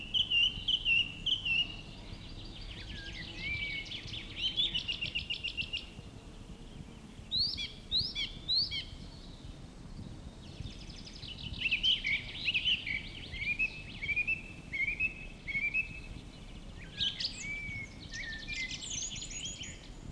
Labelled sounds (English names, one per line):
Song Thrush song